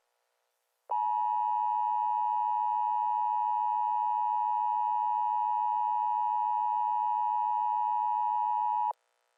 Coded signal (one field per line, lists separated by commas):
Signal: Emergency Alert System (SAME) tones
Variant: 853 and 960 Hz attention tone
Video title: (PREVIEW) |EAS Scenario #23| The Force of Herobrine (Uncancelled/Updated Title Name)